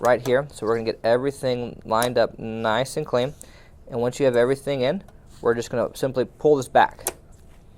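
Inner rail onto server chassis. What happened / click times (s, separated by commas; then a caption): Handled, not yet home: rail lined up, no lock click yet / none. A metal inner rail for a Dell PowerEdge R230 server is lined up on three chassis holes of the server and is about to be pulled back to lock onto the chassis, while someone talks throughout. The clip ends before the rail goes home, and nothing has seated or clicked yet.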